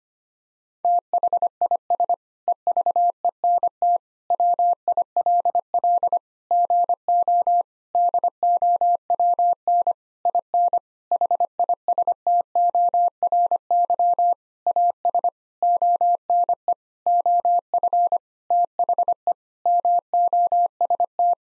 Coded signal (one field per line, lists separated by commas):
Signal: Morse code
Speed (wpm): 25 wpm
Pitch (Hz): 700 Hz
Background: none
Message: THIS EVENT WILL GO DOWN IN HISTORY AS ONE OF THE MOST